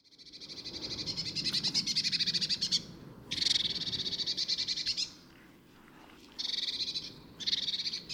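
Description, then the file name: Eurasian blue tit scolding with loud, dry, buzzy churrs, long rattling runs broken by brief pauses, over low background rumble. "Cyanistes caeruleus"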